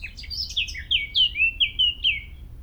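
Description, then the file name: Eurasian blackcap song: a fast, scratchy warble of high notes sliding down into a run of clear, fluty whistled phrases. Faint low hum beneath. "Sylvia atricapilla"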